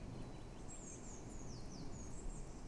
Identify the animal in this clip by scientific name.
Cyanistes caeruleus